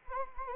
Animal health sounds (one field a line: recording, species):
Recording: mosquito wingbeat signal from an infrared sensor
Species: Anopheles arabiensis